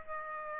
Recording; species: mosquito wingbeat signal from an infrared sensor; Aedes aegypti